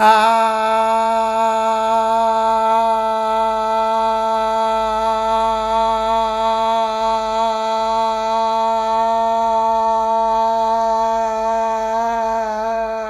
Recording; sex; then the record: sustained vowel /a/; female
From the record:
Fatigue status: no fatigue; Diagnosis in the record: COVID-19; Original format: m4a